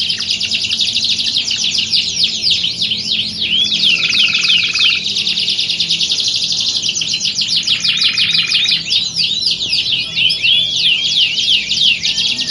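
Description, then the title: Belgian canary singing nonstop: fast repeated high chirping trills, with brief lower rattling phrases around the fourth and eighth seconds, busy throughout. Belgian canary song used to warm up birds and build their mental readiness for singing contest training. "Canto Para Esquentar Canário Belga. Simulasi Lomba Kenari. Suara Kenari Lomba. Melatih Mental Kenari Juara"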